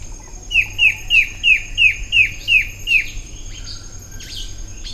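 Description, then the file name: Bird chirps: eight clear falling notes repeated about every third of a second, then softer scattered calls with a faint continuous high whine. "SABIOD 50 bird 2015"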